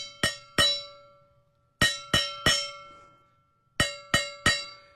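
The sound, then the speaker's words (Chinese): A 304 stainless steel thermal food jar (闷烧杯), built of four layers including a vacuum insulation layer and copper plating, is struck eight times in three quick bursts (two, then three, then three), each hit a bright metallic clang with a steady ringing tone that fades out. “听着那种回音，那种钢制，外边一层不锈钢，对吧？304钢，然后呢，中间一个真空保温层， 真空保温层，然后还有一层镀铜， 镀铜， 然后里面还有304不锈钢，304 不锈钢， 四层， 这四层结合起来才能保证这品质。”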